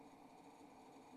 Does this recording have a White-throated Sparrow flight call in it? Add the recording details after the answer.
no. No flight call is heard. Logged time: 23:09 on 27 November 2014